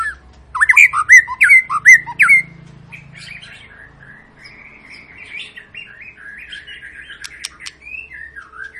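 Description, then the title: White-rumped shama song: loud rich whistled phrases with sharp clicks in the first seconds, then a softer run of quick chattering, warbling notes. Long lure recording meant to prompt other birds to sing; a continuously singing bird. "Pancingan Murai Batu Gacor Panjang"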